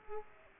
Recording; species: mosquito wingbeat signal from an infrared sensor; Aedes aegypti